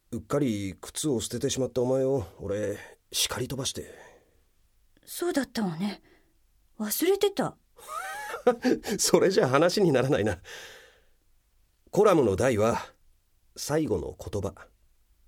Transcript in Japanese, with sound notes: ウッカリ靴を捨ててしまったお前を俺叱り飛ばして…。
そうだったわね。忘れてた…。 （笑って）
それじゃ話にならないな。コラムの題は「最後の言葉」。